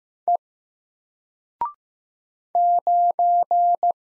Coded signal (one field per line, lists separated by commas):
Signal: Morse code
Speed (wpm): 15 wpm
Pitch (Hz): 700 Hz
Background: none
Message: E 9